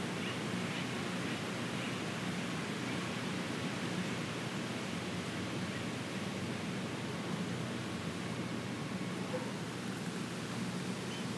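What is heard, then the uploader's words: Wind moves through the trees in a steady, dense rush of hiss, like a continuous roar of leaves. The level holds even for the whole stretch with no distinct gust rising or falling, and there is little deep rumble beneath the airy, bright wash. Wind in the trees.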